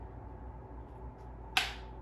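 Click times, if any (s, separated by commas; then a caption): 1.6 s. A drip emitter's barbed fitting is pushed into a pre-punched hole in plastic drip irrigation tubing, with a steady low hum underneath. A single sharp click sounds at 1.6 seconds. The fitting seats and is then taut and secure in the tubing.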